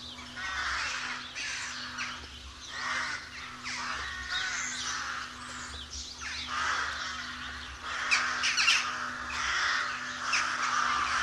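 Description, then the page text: Rook colony calling, many hoarse caws overlapping in a continuous chorus with uneven bursts and a louder squawk near the eighth second; low steady hum underneath. "Б. Вепринцев - Голоса весны (1970) - A1. Колония грачей"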